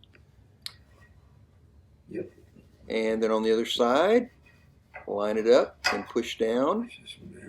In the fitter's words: there's one there clip it into place